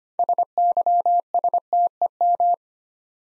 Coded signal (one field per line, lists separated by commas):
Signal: Morse code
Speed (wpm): 25 wpm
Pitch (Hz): 700 Hz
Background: none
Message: SYSTEM